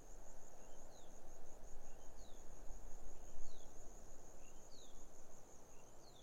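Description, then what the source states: Grasshopper stridulation as a continuous high pulsing hiss, while a bird repeats a short two-note phrase with a downslurred upper note several times over a constant wind rumble. Grasshoppers stridulating on a lukewarm autumn afternoon, 6 May 2015, arid hills of the Barrier Ranges near Broken Hill, Australian outback; wind in desert she-oaks, sparse bird song.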